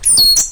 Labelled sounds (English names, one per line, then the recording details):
Stitchbird song
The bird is a male
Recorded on Tiritiri Matangi Island, New Zealand, in 2005
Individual 12, of nest box 16